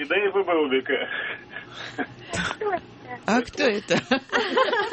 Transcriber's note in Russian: Смеётся